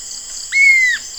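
Bird call: one drawn-out whistled note that holds its pitch and then slides gently downward, heard over a faint high hiss.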